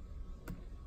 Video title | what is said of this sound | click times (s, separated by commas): Rekey Instructions For Kwikset Smart Key | you insert the tool and you'll hear it click right | 0.5 s